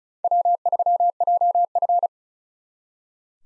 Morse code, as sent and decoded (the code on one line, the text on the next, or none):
.-- ...-- .--- ..-.
W3JF